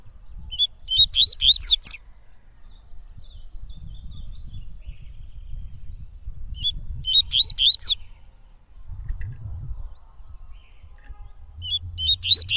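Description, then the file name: Yellow-bellied seedeater singing three short bursts of rapid, high notes, the last cut off, over a low background rumble. "canto de coleiro baiano"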